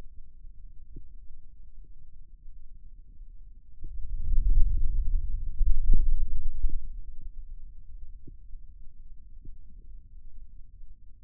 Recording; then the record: forearm muscle sounds (acoustic myography)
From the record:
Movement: wrist extension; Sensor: system 2, bracelet of six BSWA MPA416 microphones around the upper forearm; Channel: 2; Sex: male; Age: 22 years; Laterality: right